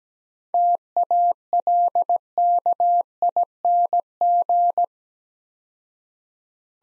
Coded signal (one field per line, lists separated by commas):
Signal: Morse code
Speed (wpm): 17 wpm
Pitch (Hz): 700 Hz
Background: none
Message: TALKING